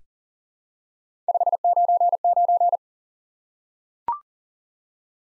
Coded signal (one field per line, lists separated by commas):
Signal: Morse code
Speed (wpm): 37 wpm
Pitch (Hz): 700 Hz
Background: none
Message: 599